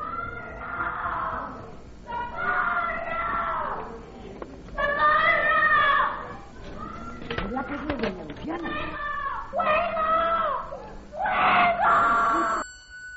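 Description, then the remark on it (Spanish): A woman, played by a young Carmen Maura in a retelling of the crime of Calle de Fuencarral, screams while clinging to the bars of the house: a series of high, strained cries, about six loud bursts of a second or two each, separated by short ragged pauses and breaths. “Agarrándose a los barrotes de la casa auténtica y gritando algo.”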